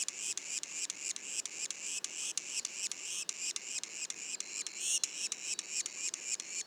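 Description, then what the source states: Yellow-bellied sapsucker juveniles give a rapid, repeated series of high raspy squeaks, around three to four per second, with slight variation in loudness. Juveniles, recorded in Mont-Orford National Park, Quebec; mono recording.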